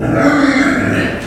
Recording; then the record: squeal of a Yucatan mini pig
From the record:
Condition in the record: after surgery on the right vocal fold (resection and tissue-engineered implant); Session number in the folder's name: 4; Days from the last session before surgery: 26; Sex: female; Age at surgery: 19 weeks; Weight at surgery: 25 kg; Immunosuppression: prednisolone